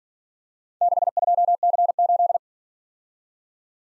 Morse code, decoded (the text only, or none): 62C8